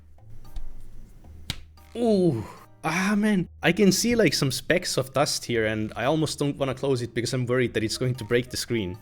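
A foldable phone is folded shut a second time, its halves closing against each other at the hinge with a loud, sharp snap at 1.5 s. Someone talks afterward.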